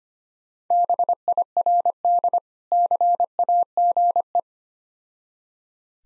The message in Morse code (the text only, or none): BIRD CAGE